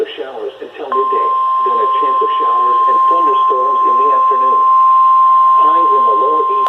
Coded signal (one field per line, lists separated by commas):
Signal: Emergency Alert System (SAME) tones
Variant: 1050 Hz attention tone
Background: speech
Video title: Required Weekly Test & Special Marine Warning EAS #42-44 June 22-23rd 2021